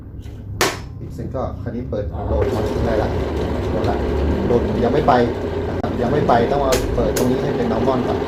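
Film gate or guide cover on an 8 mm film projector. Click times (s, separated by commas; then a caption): 0.6 s. On a Fujicascope M-40 8 mm film projector loaded with Normal 8 film, the film gate or guide cover is set into its lock and closed, since it would otherwise come off its base and the film could not run freely. A sharp, loud snap at 0.6 s marks it latching shut and seated, and then someone talks over a low background hum.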